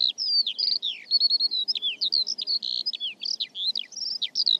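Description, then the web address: Bird song, a short burst of squeaky whistles, downward slurs and quick chattering notes run together without a break. "Deverinetal"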